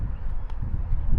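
An ignition coil boot is handled and pushed down toward a spark plug on a Mercury 4-stroke 175–225 outboard during a 300-hour service, with low rumbling noise throughout and a brief faint tick at 0.5 s. Nothing has seated or clicked into place yet.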